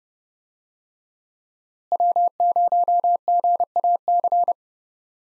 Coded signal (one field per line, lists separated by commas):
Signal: Morse code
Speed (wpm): 30 wpm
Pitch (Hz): 700 Hz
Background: none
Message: W0GAC